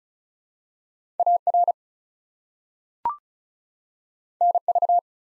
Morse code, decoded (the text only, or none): AR NV